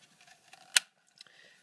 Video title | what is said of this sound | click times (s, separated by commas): How to improve your 30 round AR-15 magazines - install Magpul follower for Pmag performance | sure I get it underneath these tabs and it will snap into place | 0.8 s